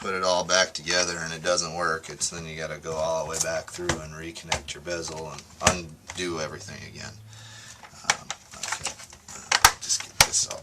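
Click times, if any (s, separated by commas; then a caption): 8.1 s, 9.5 s, 9.6 s, 10.2 s. A plastic screen bezel is pressed back around the LED LCD screen of a Sony Vaio PCG-71913L laptop display lid. Someone talks for the first several seconds, then the bezel's clips snap into place one after another with sharp clicks at 8.1, 9.6, 9.7 and 10.2 seconds. The bezel ends up seated.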